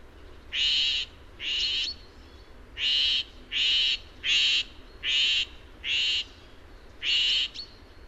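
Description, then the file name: Eurasian jay giving loud, grating screeches, eight harsh bursts at a fairly steady pace. "Garrulus glandarius"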